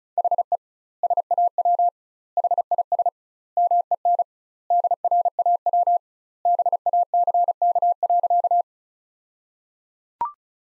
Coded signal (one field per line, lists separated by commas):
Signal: Morse code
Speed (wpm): 36 wpm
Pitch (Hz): 700 Hz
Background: none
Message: HE SAW HIS MEN DRAW BACK.